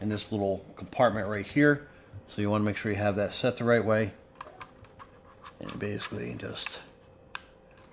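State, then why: Seated. Someone talks while a flight battery is pushed into the battery compartment of a Holy Stone HS440 foldable camera drone, with a few faint taps around 4.4 to 5.0 seconds. At 7.4 s a single sharp click is heard as the spring latch catches and the little click piece locks the battery in place, seating it.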